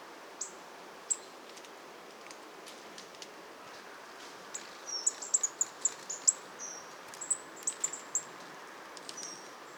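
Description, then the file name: Marsh Tit calls, a lively cluster of very high, short piping notes in the second half, after a few isolated ticks, over constant hiss. "Poecile palustris"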